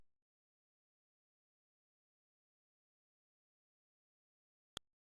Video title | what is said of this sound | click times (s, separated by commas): Full PC Cable Management Tutorial (Part 2) - Connect SATA SSD, Hard Disk & Cabinet Fans Step-by-Step | பேக் பேனலில் மூடும்போது இதில் காட்டுற மாதிரி சரியாக வச்சு லைட்டாக அழுத்தி பிடிச்சி ஒரு தள்ளிங்கன்னா லாக் ஆகிடும். | 4.8 s